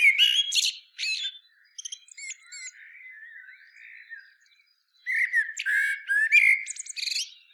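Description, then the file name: Common blackbird song with loud twittering phrases at the start and end, and softer low warbling notes trailing through the middle. "Turdus merula"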